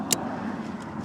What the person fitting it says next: On a entendu le clic.